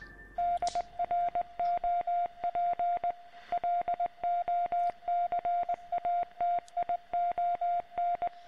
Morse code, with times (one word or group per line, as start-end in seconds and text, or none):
0.4-3.1 DROP
3.5-8.3 LOCATION